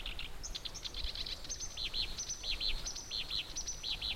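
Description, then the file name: Black-browed reed warbler song, paired chirping notes repeated again and again, broken by thin high squeaks, over a soft background hiss. "warbler-black-browed-reed -Acrocephalus-bistrigiceps"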